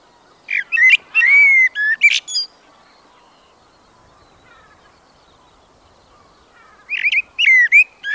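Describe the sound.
Blackbird song in two bursts of mellow fluted notes with twittering high flourishes, separated by about four seconds of near silence.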